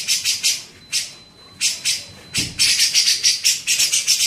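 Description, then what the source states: Grey-cheeked bulbul giving scattered harsh notes that build into a rapid, scratchy chatter; a thin steady tone is heard in the pauses. Masteran tutoring song for training songbirds.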